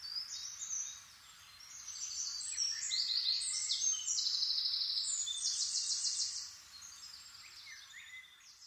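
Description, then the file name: Eurasian wren song, a steady stream of high, rapid notes with a rattling trill near the end, partly blurred against a hissing background. "Troglodytes troglodytes"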